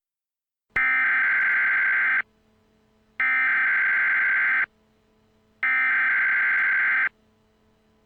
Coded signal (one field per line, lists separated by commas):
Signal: Emergency Alert System (SAME) tones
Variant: header bursts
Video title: Doctor Who - Steven Universe Crossover Episodes - Emergency Alert System Broadcasts